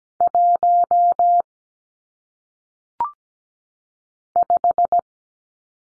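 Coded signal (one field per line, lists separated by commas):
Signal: Morse code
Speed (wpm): 17 wpm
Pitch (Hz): 700 Hz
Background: none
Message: 1 5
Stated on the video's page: Single-digit number head-copy drill at 17 wpm, each sent in Morse, spoken, then sent again.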